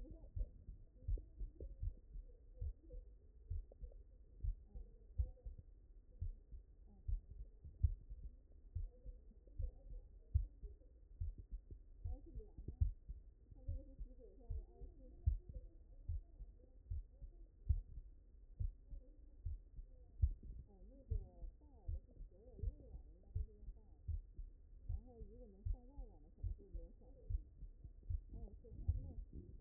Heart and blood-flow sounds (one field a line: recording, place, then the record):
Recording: heart sounds by stethoscope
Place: mitral valve (MV)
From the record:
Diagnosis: non-HFrEF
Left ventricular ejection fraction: 49%